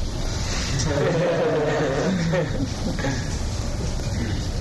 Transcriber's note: laughter